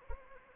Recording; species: mosquito wingbeat signal from an infrared sensor; Anopheles arabiensis